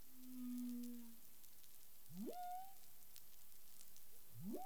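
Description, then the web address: Humpback whale sounds: a steady low moan, then two swift whooping upsweeps rising from deep to mid pitch, over a constant faint hiss. Recorded 13 February 2021 at 10:05 UTC. "CARIMAM. humpback whale"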